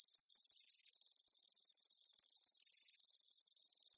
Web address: Blast Wave Amb Day Insects. animal ambience insects chirps day bugs